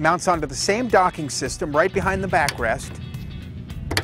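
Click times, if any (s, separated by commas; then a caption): 3.9 s, 4.0 s. A detachable luggage rack is pushed onto a motorcycle's docking hardware right behind the backrest while someone talks. Two sharp clicks follow in quick succession at about 3.9 s and 4.0 s as the rack clips and locks into place.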